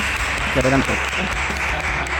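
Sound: applause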